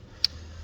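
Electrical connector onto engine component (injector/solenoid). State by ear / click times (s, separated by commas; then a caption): seated / 0.2 s. An electrical connector is pressed onto the eco mode solenoid fitting on a Scatpack engine, and its plastic locking tab is secured. A single sharp click at 0.2 seconds stands out over a steady low hum, confirming the connector is seated.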